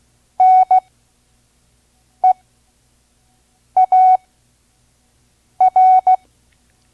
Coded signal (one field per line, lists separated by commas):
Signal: Morse code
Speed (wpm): 16 wpm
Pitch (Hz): 740 Hz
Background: none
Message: NEAR